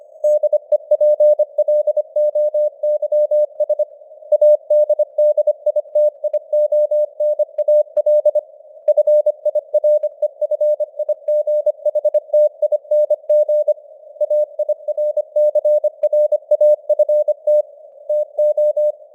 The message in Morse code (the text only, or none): DEPLOYS ADDITIONAL FIREFIGHTING AIRCRAFT TO